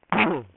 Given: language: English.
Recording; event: throat vibration sensor signal played as sound; throat clearing